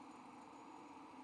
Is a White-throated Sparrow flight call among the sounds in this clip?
no